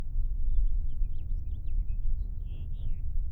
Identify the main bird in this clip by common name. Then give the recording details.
House Finch. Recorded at Kismit on Long Island, New York, on 22 May 1975. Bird A